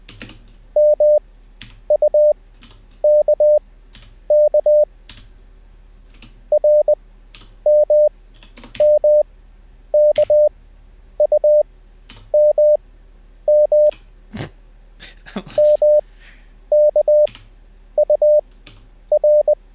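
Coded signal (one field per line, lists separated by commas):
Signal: Morse code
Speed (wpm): 20 wpm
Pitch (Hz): 600 Hz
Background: none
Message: MUKK RMMKUMM MKUR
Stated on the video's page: Morse code learning session, livestreamed, day 1.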